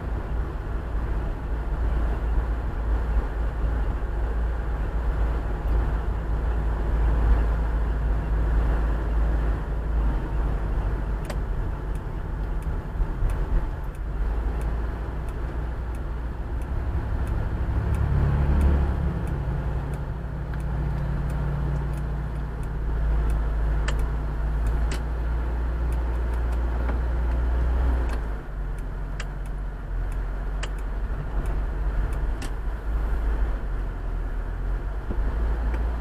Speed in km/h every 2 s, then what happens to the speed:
33, 32, 33, 32, 31, 31, 28, 25, 20, 14, 9, 5, 0, 0, 0, 7, 5, 6.
0-13 steady at about 32. 13-23 slows to 0. 23-29 standing. 29-36 steady at about 6.